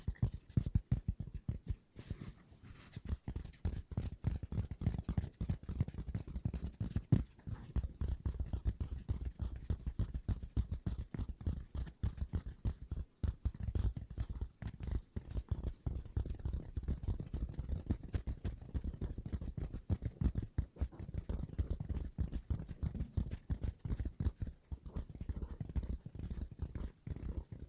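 Fast tapping runs through the whole recording as a dense stream of quick, crisp taps with no voice. The taps are mostly low and soft-bodied, with a few brighter clicks poking through. The pace stays busy and fairly even, with brief lulls near 2 and 13 seconds.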